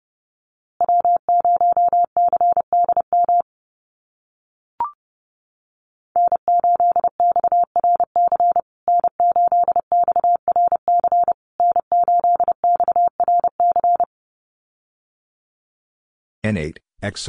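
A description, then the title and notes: A steady mid-pitched Morse tone sends the callsign three times, in three runs of short and long beeps with brief gaps between them, from about one second to fourteen seconds. A short click comes near five seconds, and a brief burst of harsher noise ends the clip. USA Call Signs Repeated 3x 30wpm. First, the callsign is sent 3x in Morse code.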